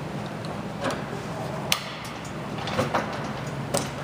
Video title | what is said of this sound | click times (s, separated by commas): Tennant5700 | Just pops into place like that. | 3.8 s